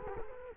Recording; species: mosquito wingbeat signal from an infrared sensor; Culex quinquefasciatus